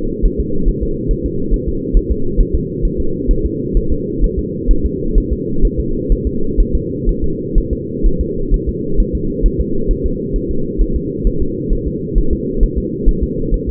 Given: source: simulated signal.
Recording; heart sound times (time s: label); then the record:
fetal heart sounds
0.25 s: S1
0.40 s: S2
0.68 s: S1
0.83 s: S2
1.11 s: S1
1.26 s: S2
1.54 s: S1
1.68 s: S2
1.97 s: S1
2.12 s: S2
2.40 s: S1
2.55 s: S2
2.85 s: S1
3.00 s: S2
3.31 s: S1
3.46 s: S2
3.77 s: S1
3.92 s: S2
4.24 s: S1
4.39 s: S2
4.71 s: S1
4.86 s: S2
5.18 s: S1
5.33 s: S2
5.65 s: S1
5.80 s: S2
6.12 s: S1
6.27 s: S2
6.60 s: S1
6.75 s: S2
7.09 s: S1
7.24 s: S2
7.58 s: S1
7.73 s: S2
8.06 s: S1
8.21 s: S2
8.54 s: S1
8.69 s: S2
9.00 s: S1
9.15 s: S2
9.46 s: S1
9.61 s: S2
9.91 s: S1
10.06 s: S2
10.36 s: S1
10.51 s: S2
10.81 s: S1
10.96 s: S2
11.27 s: S1
11.42 s: S2
11.73 s: S1
11.88 s: S2
12.18 s: S1
12.33 s: S2
12.63 s: S1
12.78 s: S2
13.09 s: S1
13.23 s: S2
13.54 s: S1
13.69 s: S2
From the record:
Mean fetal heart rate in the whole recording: 130 bpm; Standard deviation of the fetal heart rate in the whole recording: 4 bpm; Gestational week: 38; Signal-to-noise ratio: -8.1 dB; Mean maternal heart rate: 72 bpm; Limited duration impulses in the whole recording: present